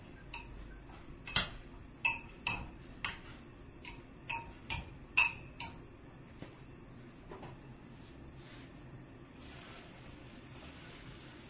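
Dishes being washed: sharp clinks and clatters of plates and cutlery come in a quick cluster between about one and six seconds, roughly every half second. After that the knocks thin out to a few soft taps over a steady low rumble of running water.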